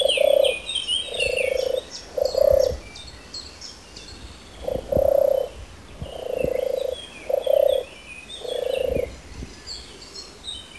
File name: Tortora Selvatica